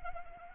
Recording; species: mosquito wingbeat signal from an infrared sensor; Anopheles arabiensis